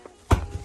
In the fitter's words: like that. You should hear it pop out.